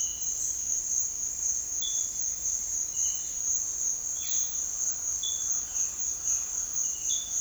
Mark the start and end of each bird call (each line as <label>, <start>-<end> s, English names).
Speckled Chachalaca, 3.81-7.41 s
Violaceous Jay, 4.21-4.43 s